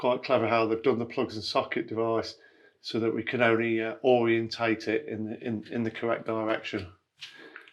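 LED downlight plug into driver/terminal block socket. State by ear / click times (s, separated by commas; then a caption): seated / 7.6 s. Someone talks while the keyed plug on the lead of a Luceco FType ULTRA LED downlight is pushed into its matching plastic socket on the driver or removable terminal block, which only fits one way round. After the talking stops, a short burst of small clicks follows, and the plug seats with a positive click at 7.6 s.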